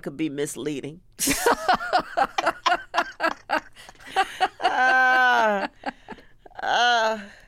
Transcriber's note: laughter